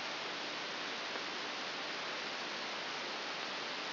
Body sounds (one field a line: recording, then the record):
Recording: brain microelectrode recording played as sound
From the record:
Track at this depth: outside the subthalamic nucleus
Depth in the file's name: 7.001 mm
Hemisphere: right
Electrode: 3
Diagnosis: Parkinson's disease